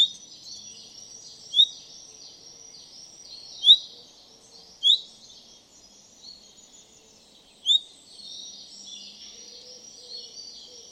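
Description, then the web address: Common chaffinch calls: four sharp, high single notes spaced irregularly, set against a continuous wash of high bird chatter. "Deverinetal"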